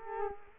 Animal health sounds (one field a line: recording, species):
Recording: mosquito wingbeat signal from an infrared sensor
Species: Culex quinquefasciatus